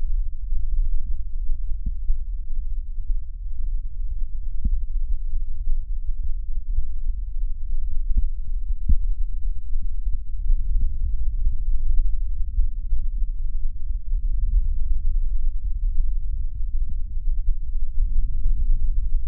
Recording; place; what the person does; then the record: lung sounds by stethoscope; right anterior apical chest; quiet breathing, then deep breathing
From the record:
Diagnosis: asthma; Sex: female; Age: 74 years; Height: 155 cm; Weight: 63 kg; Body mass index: 26.2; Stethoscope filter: bell mode